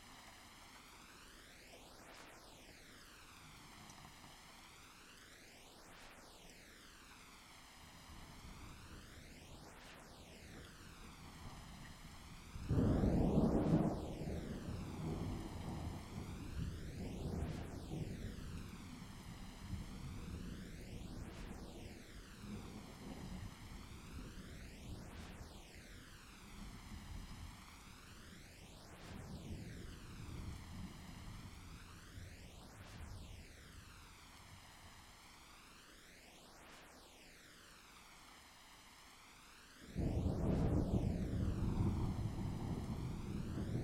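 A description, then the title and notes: Thunder rumbles low and deep through a thunderstorm, with a sudden loud roll breaking in around thirteen seconds and another near forty seconds. Between them the rumbling rises and falls, while a hollow, sweeping whoosh repeats every few seconds throughout. 8D Thunderstorm.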